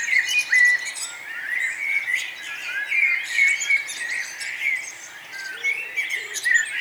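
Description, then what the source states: Several birds singing together, clear short whistles standing out from a constant mix of chirps and fast high twitters. Morning atmosphere at Nonnenhorn, 10 May 2009, 04:24; birdsong and twittering.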